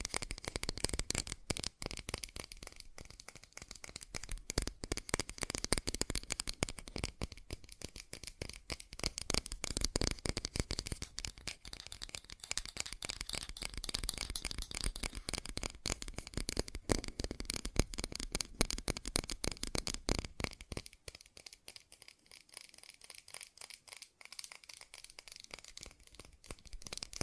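Fast tapping goes on for the whole stretch, a dense stream of quick, crisp clicks with almost no gaps. The taps are bright and sharp, with a thin low thump under them that drops away for a while after about twenty seconds.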